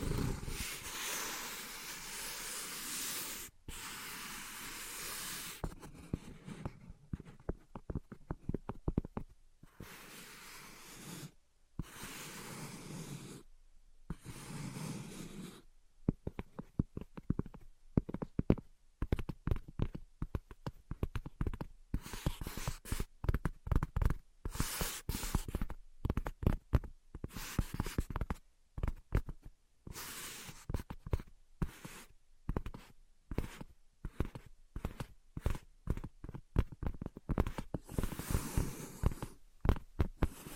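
Invisible tapping and scratching fills the recording: dense bursts of rapid, crisp taps alternating with longer stretches of bright, rustling scratches. The rhythm is irregular, with brief silent gaps near 4, 11 and 14 seconds, and a faint steady hum sits underneath.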